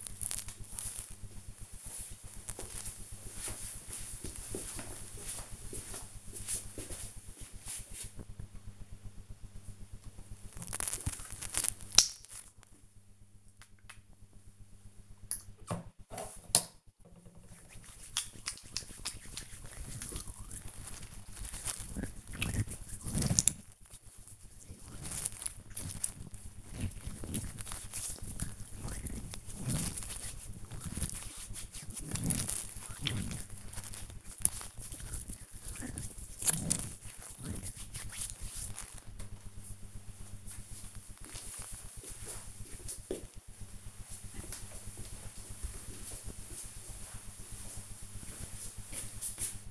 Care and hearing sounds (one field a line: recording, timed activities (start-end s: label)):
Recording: household activities, microphone on the right wrist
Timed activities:
9.64-38.81 s: disinfecting hands